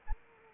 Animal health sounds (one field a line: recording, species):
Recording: mosquito wingbeat signal from an infrared sensor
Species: Anopheles arabiensis